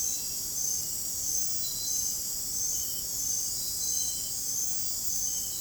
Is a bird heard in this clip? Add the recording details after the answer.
no. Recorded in dense forest near Puerto Asís, Putumayo, Colombia, on 29 June 2025 at 23:00. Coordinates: 0.503, -76.323. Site G059